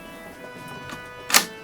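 The locked-back spring follower on the metal magazine of a Springfield M1 Carbine real-wood CO2 blowback airsoft gun, loaded with BBs, is pulled back slightly and let go. After a quiet stretch with a steady background hum, a single sharp hit sounds at 1.4 s as the follower releases.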